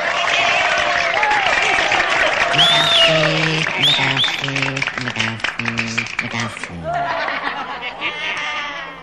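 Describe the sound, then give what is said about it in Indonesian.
An audience claps steadily to welcome a singer, for several seconds amid scattered cheers and laughter, while a short stepped musical phrase of low notes plays underneath, then the applause carries on alone. “Kita tepuk tangan dulu dong.”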